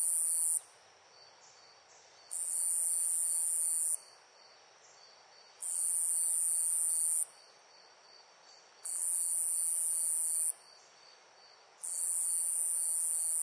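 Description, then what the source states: Insect song: several loud, shrill buzzing trills of one to two seconds each, separated by short pauses, with gentle background noise throughout. Loud insect chirps in a nature ambience.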